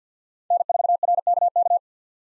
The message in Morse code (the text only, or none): N4RKK